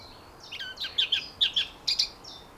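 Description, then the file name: Eurasian blackcap song: a short run of bright warbled notes, paired high phrases repeated about every half second. "Sylvia atricapilla"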